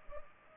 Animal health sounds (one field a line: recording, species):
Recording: mosquito wingbeat signal from an infrared sensor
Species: Culex pipiens